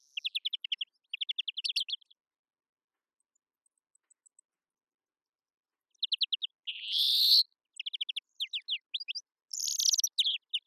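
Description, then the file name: European greenfinch giving rapid dry chirping trills in short bursts, then after a quiet gap a long harsh wheezing buzz, more trills and another wheeze near the end. "Chloris chloris"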